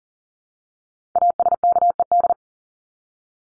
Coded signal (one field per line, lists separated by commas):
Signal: Morse code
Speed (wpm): 40 wpm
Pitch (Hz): 700 Hz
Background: none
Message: ASKED